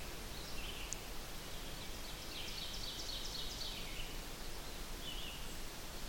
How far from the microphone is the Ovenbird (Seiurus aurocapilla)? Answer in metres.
about 75 m